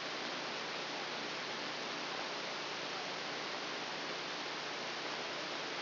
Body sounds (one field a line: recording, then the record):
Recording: brain microelectrode recording played as sound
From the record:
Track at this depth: inside the subthalamic nucleus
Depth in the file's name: 2.709 mm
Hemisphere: left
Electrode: 2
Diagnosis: Parkinson's disease